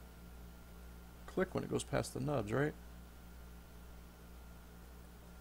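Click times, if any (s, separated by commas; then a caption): none. A plastic optical (infrared) transmitter/receiver adapter is being pushed onto the back of a TekPower TP9605BT multimeter, meant to click as it passes the locating nubs on a very tight fit. Someone talks briefly from about 1.3 to 2.7 s over a steady low hum. Nothing has seated or clicked yet.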